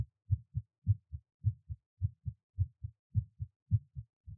Give my Heartbeat. I recorded it right away when I was done with the workout.